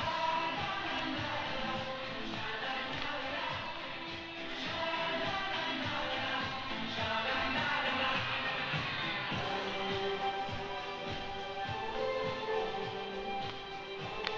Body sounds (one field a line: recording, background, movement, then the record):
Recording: deep breathing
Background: music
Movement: walking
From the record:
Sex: female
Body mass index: 25.5 kg/m2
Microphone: on the chest, facing the body